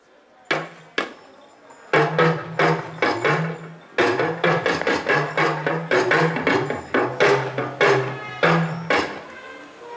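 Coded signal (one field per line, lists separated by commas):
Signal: talking drum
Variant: Yoruba dùndún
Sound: quick series of drum strokes whose low pitch rises and falls like speech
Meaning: A drummed greeting welcoming a visitor and describing him by his short trousers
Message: Káàbọ̀, ṣé dáadáa ló dé, oníṣòkòtò péńpé tí ìṣẹ̀lẹ̀ wù ẹ́ tù ríyẹ́, káàbọ̀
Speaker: He described him by saying, Káàbọ̀, ṣé dáadáa ló dé, oníṣòkòtò péńpé tí ìṣẹ̀lẹ̀ wù ẹ́ tù ríyẹ́, káàbọ̀. But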